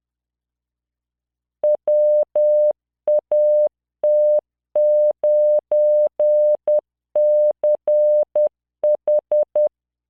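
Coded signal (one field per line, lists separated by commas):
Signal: Morse code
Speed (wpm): 10 wpm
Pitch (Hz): 600 Hz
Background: none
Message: WAT9CH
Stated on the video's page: Software-generated Morse practice of words with numbers and symbols at 10 wpm, 600 Hz tone, standard 3-dot spacing.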